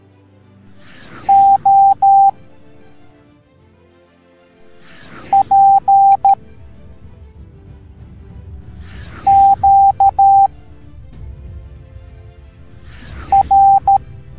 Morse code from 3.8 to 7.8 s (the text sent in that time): P